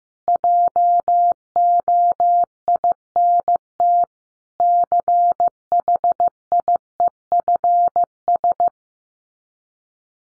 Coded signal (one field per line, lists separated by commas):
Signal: Morse code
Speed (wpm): 14 wpm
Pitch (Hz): 700 Hz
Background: none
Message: JOINT CHIEFS